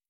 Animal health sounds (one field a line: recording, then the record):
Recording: hydrophone in a shrimp aquaculture tank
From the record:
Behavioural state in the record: stressed